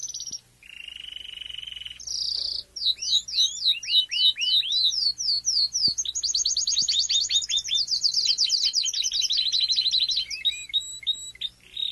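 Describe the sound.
Domestic canary song opening with a steady whistle, then quick descending chirps and a long rapid trill, changing tour several times.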